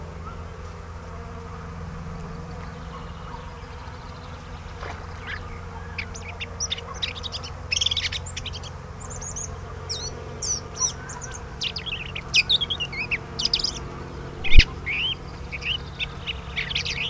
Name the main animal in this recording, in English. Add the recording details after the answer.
Red-backed Shrike. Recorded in the wild. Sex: male. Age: adult. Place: Röttenbach, Bayern, DE. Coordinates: 49.6683, 10.9244. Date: 1962-07-01. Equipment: Stellavox SM 5, AKG D19-200, Vorverstärker, langes Kabel, Original, Vollspur. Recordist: Tretzel, Erwin